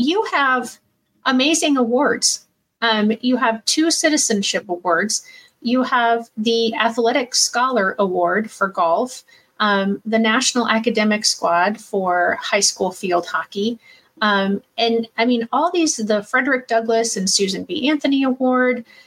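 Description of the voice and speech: A woman speaks fluently in a warm, clear voice at a conversational pace, listing a series of awards with brief pauses and a few filled "um" hesitations. Voice quality and articulation are ordinary, with no signs of a speech disorder.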